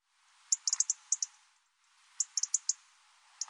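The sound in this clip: European robin ticking: two bursts of sharp, very high clicky notes, five to seven quick ticks each, separated by a short pause, then a few more ticks at the very end.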